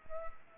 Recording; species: mosquito wingbeat signal from an infrared sensor; Culex pipiens